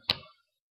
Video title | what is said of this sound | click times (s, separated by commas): Noodler's Nib Creaper rollerball review | then it'll sort of click in place, and then the fit is really tight. | 0.1 s